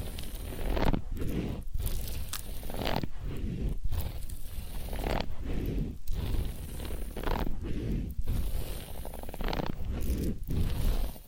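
Ear cleaning and massage sounds: a dense, crunchy scraping and rustling that carries on without letup. Short dips break it roughly once a second, giving a steady stroking rhythm, with bright hiss on top and a soft low rumble underneath.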